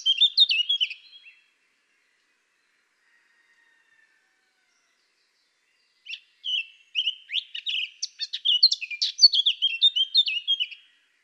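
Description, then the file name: Eurasian blackcap warbling: a phrase fades out, then after a long pause a new tumbling run of chattering and whistled notes grows louder before ending. "Sylvia atricapilla"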